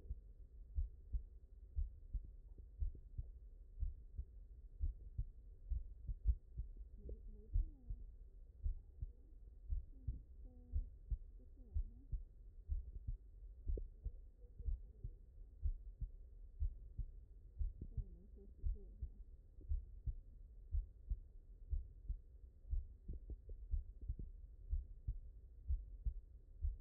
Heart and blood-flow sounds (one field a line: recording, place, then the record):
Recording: heart sounds by stethoscope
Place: mitral valve (MV)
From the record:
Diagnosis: non-HFrEF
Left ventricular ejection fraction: 64%